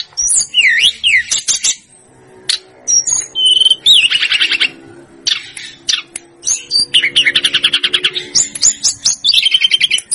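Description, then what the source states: Snowy-browed flycatcher song of high swooping whistles followed by fast chattering notes and dense trilled runs. Masteran song for training cage birds; Indonesian names tledekan gunung and sikatan gunung.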